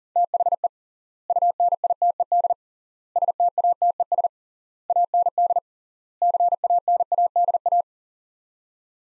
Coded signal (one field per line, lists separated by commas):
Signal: Morse code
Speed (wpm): 37 wpm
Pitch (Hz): 700 Hz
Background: none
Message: THE UNITED STATES AND CANADA